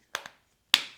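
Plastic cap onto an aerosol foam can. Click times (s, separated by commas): 0.7 s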